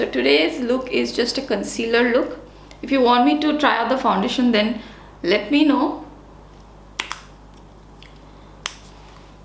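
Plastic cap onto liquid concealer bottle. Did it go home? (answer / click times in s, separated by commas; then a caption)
yes / 7.0 s, 8.7 s. Someone talks for about six seconds, then a plastic cap is closed onto a plastic liquid concealer bottle, with sharp clicks at 7.0 s and 8.7 s. The cap clicks shut, showing the product is safely and securely closed.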